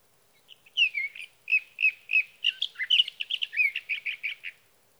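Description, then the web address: Sage thrasher song building from spaced slurred notes into a rapid, denser warble of high burry phrases before stopping. "birdsongforthecurious Sage Thrasher"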